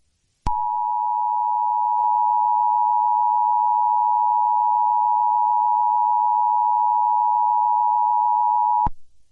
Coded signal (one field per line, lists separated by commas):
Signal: Emergency Alert System (SAME) tones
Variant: 853 and 960 Hz attention tone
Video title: EAS Mock Scenario | Rampage! 🦍🦖🐺